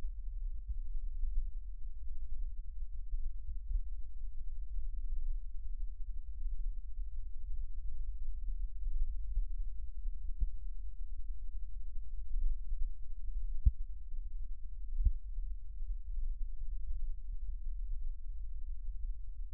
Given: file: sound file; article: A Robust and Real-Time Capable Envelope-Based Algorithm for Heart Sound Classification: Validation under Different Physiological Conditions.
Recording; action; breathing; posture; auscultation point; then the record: heart sounds by electronic stethoscope; rest; normal; sitting; left side of the back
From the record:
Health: healthy, no known heart disease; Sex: male